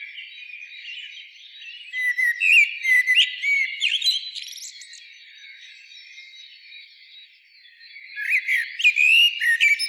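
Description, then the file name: Common blackbird song, low fluty warbled phrases followed by thin high squeaks, a quieter stretch midway, then another rich whistled phrase. "Turdus merula"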